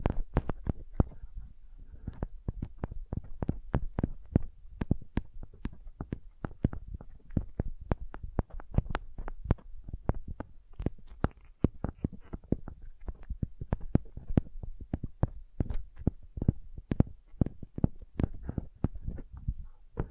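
Soft, sensitive tapping continues for the whole stretch, a dense run of quick, sharp taps at an uneven pace, several per second. Each tap has a dull, thumping low body with a light crisp tick on top, and the level stays fairly even throughout.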